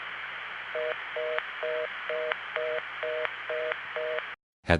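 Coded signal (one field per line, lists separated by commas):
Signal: telephone call progress tone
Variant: North America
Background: speech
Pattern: reorder tone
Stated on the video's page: Long-distance telephone trunk signalling from the 1970s, heard via centralized intercept, an NX1 test board and NX1 tandem calls.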